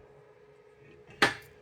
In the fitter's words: Whereas this way is nice and easy and it just clicks right in, no problem.